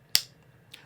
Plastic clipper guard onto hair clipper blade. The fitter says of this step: half guard in the closed position listen for the click